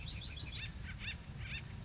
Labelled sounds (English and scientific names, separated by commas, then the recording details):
Acorn Woodpecker (Melanerpes formicivorus)
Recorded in Sonoma County, California